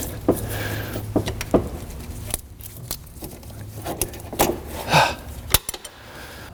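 A partly broken plastic retainer is pressed back into its mount near the radiator, producing scattered clicks and taps, with sharp ones at about 2.3, 4.0 and 5.6 seconds. None of these is a seat. The retainer fails to snap in, and nothing has seated or clicked yet.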